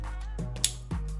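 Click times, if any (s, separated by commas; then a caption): 0.6 s. The head of a plastic spring-loaded figure hasn't popped up by itself, so a lever at the back of the figure is worked to release it. Over steady background music, there's a sharp click at 0.6 s and the head pops up, released.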